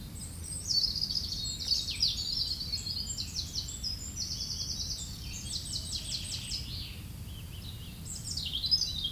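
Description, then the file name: European robin singing bright, high, tumbling phrases of rapid trilled notes and sweet twitters, one run after another, with a constant low background hum. Recorded 9 May 2022 at 09:41. "erirub-sn 02-20220509-094100"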